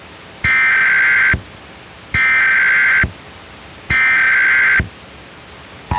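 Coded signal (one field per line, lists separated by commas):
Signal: Emergency Alert System (SAME) tones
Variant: header bursts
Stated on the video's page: Simulated EAS scenario.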